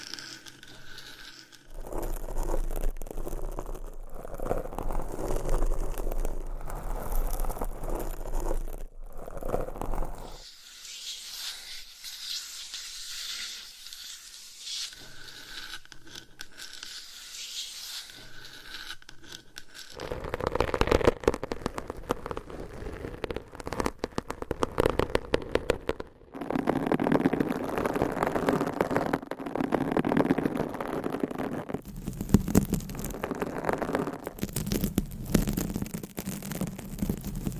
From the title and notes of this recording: ASMR with 200 MICS! Different Mic Covers & Nails Mic Scratching , Massage & More No Talking.